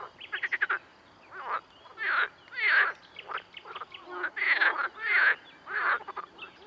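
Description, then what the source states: Amphibians: a quick rattling pulse train, then many loud harsh croaks and raspy bursts. Ambience.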